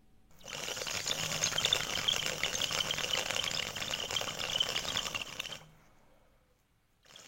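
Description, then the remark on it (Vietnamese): A man takes a long draw on a bamboo water pipe (điếu cày) after dinner. It bubbles and gurgles in a rapid, rattling burble for about five seconds as smoke is drawn through it, then the sound cuts off abruptly, leaving near silence. “Rồi với tay lấy cái điếu cày, rít một hơi dài. Tiếng điếu cày long lên sòng sọc.”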